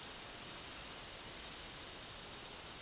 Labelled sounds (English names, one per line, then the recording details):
none
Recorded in dense forest near Puerto Asís, Putumayo, Colombia, on 24 March 2025 at 14:00
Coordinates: 0.499, -76.324
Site GP03